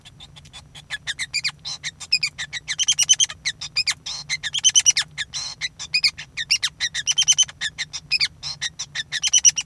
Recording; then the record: song of a male Bengalese finch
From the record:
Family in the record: son of father 5